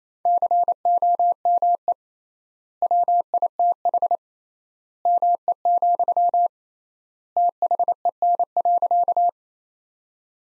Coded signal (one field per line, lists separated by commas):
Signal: Morse code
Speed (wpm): 28 wpm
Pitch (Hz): 700 Hz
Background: none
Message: COME WITH ME, THEN.